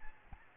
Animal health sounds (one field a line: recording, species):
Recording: mosquito wingbeat signal from an infrared sensor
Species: Aedes albopictus